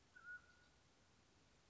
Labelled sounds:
Mountain Quail (Oreortyx pictus)

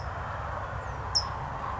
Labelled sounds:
California Towhee (Melozone crissalis)

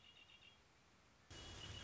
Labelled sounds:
Red-winged Blackbird (Agelaius phoeniceus)

